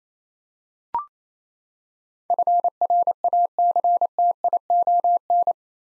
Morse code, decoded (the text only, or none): FRACTION